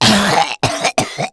Human Male Cough Violent.